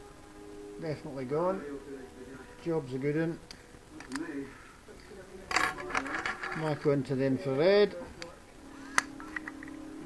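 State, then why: Released. An infrared padlock is opened with a lockpick tool, and the shackle latch releases with a sharp metallic click at 9.0 s. Someone talks over the picking, which brings small taps and scrapes before a few faint ticks follow the click.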